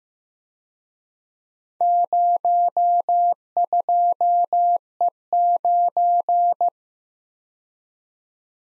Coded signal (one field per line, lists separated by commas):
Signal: Morse code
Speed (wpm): 18 wpm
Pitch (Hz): 700 Hz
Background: none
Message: 02E9